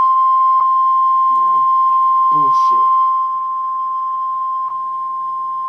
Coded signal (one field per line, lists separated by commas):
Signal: Emergency Alert System (SAME) tones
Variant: 1050 Hz attention tone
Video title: REAL EAS 1385-Severe Thunderstorm Warning